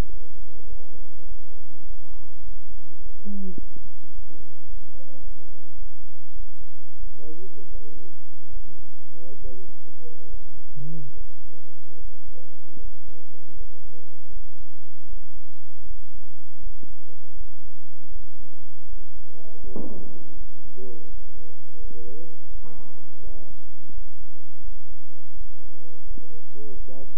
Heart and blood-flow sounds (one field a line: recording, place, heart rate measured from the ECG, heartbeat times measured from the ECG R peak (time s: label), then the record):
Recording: heart sounds by stethoscope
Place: between the tricuspid and mitral areas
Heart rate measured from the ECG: 86 bpm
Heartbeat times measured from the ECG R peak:
0.06 s: heartbeat
0.65 s: heartbeat
1.23 s: heartbeat
1.82 s: heartbeat
2.40 s: heartbeat
2.98 s: heartbeat
3.55 s: heartbeat
4.11 s: heartbeat
4.66 s: heartbeat
5.20 s: heartbeat
5.75 s: heartbeat
6.33 s: heartbeat
6.96 s: heartbeat
7.68 s: heartbeat
8.50 s: heartbeat
9.38 s: heartbeat
10.27 s: heartbeat
11.14 s: heartbeat
11.97 s: heartbeat
12.77 s: heartbeat
13.53 s: heartbeat
14.29 s: heartbeat
15.05 s: heartbeat
15.83 s: heartbeat
16.59 s: heartbeat
17.33 s: heartbeat
18.08 s: heartbeat
18.86 s: heartbeat
19.60 s: heartbeat
20.34 s: heartbeat
21.06 s: heartbeat
21.77 s: heartbeat
22.48 s: heartbeat
23.20 s: heartbeat
23.90 s: heartbeat
24.61 s: heartbeat
25.34 s: heartbeat
26.03 s: heartbeat
26.73 s: heartbeat
From the record:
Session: bicycle stress test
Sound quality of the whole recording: good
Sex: male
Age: 26 years